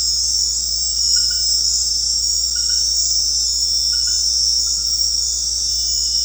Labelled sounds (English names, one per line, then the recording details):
none
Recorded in secondary vegetation near Puerto Asís, Putumayo, Colombia, on 13 March 2025 at 20:30
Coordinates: 0.484, -76.319
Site G010